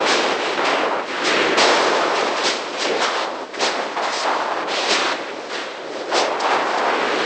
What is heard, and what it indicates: Cochlear Implant Simulation by Mother Jones.